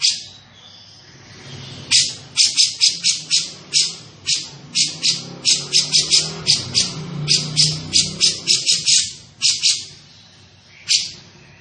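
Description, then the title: Grey-cheeked bulbul rattling out uneven clusters of rasping notes, separated by short gaps, over a low background rumble. Described as gacor, calling eagerly and often, with a dense, clear voice. "Cucak Jenggot Gacor, Suara Rapat Dan Jernih"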